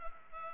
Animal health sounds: mosquito wingbeat signal from an infrared sensor; Culex pipiens

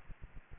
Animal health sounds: mosquito wingbeat signal from an infrared sensor; Aedes aegypti

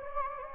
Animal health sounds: mosquito wingbeat signal from an infrared sensor; Anopheles gambiae

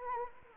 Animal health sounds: mosquito wingbeat signal from an infrared sensor; Anopheles arabiensis

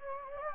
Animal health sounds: mosquito wingbeat signal from an infrared sensor; Anopheles gambiae

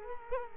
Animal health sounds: mosquito wingbeat signal from an infrared sensor; Culex quinquefasciatus

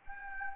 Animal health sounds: mosquito wingbeat signal from an infrared sensor; Anopheles gambiae

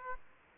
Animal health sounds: mosquito wingbeat signal from an infrared sensor; Aedes aegypti

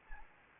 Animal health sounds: mosquito wingbeat signal from an infrared sensor; Anopheles gambiae

